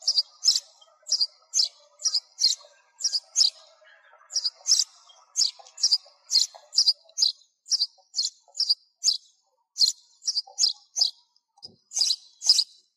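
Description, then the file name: Sparrow giving shrill chirps in short irregular runs of two or three notes, with brief quiet gaps between bursts. Sparrow calling to its flock. "tieng se goi bay"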